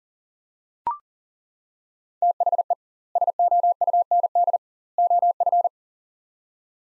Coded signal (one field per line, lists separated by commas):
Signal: Morse code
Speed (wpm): 40 wpm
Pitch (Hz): 700 Hz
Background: none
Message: THE SOUND OF